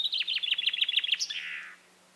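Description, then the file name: Common chaffinch song: a quick run of bright chipping notes that slide downward, closing with a short buzzy flourish, then quiet. "Fringilla coelebs"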